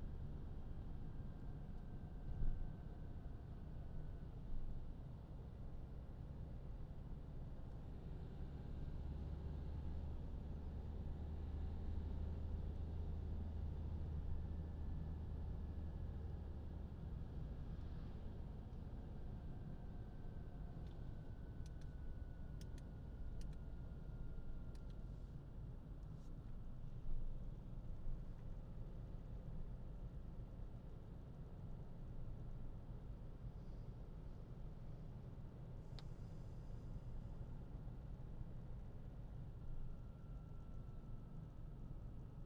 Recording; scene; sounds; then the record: everyday scene through a hearing-aid microphone; in a vehicle; engine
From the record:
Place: Berlingo II, diesel engine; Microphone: in the ear canal, left